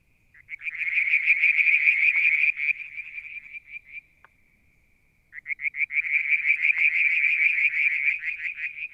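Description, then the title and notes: Frog giving rapid pulsed trills in two bursts of a few seconds each, with a quiet gap between that a faint steady tone runs through. One evening near the water tank at Mount Wilson, New South Wales, Australia, July 2022. "Frog song, Mount Wilson, New South Wales, Australia in July 2022 – by Alexander Moffatt. Limnodynastes Peronii, Litoria Verreauxii and a mystery frog one evening near the water tank"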